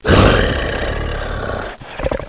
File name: Sound tiger